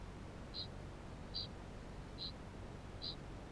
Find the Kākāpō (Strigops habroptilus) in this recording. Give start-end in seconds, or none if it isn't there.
0.00-3.52